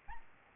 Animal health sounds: mosquito wingbeat signal from an infrared sensor; Aedes albopictus

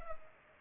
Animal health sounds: mosquito wingbeat signal from an infrared sensor; Culex pipiens

